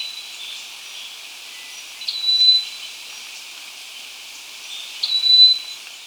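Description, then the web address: Chestnut-breasted chlorophonia giving two pure, steady whistled notes about three seconds apart, with a soft continuous hiss underneath. Recorded in Ecuador. "Natures Songs S America Birds of Ecuador. Chestnut-Breasted Chlorophonia"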